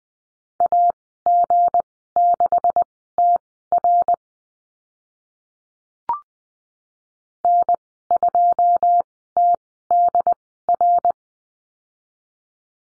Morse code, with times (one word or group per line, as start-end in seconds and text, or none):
0.6-4.1 AG6TR
7.4-11.1 N2TDR